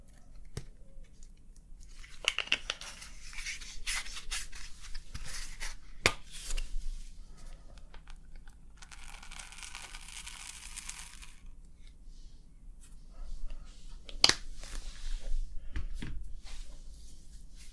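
A scalp treatment with massage and hair wash: soft rubbing and crinkly scratching sounds come and go irregularly, with a longer stretch of rushing, hiss-like noise around the middle. Sharp clicks stand out near 6 and 14 seconds over a faint low hum.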